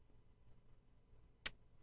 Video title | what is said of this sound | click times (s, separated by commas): How to remove the LCI (loaded chamber indicator) in you SIG Sauer P320 | so what we want to do is we want to make sure we keep rotating this until you hear it click into place | 1.5 s